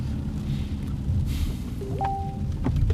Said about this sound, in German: Der Regen, Johannes.